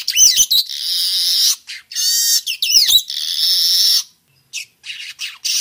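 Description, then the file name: Weaver singing harsh, wheezy buzzing phrases broken by quick whistled sweeps, then fading into softer, scattered chips. Young bird singing, in forest. "Suara kicau burung manyar muda hutan"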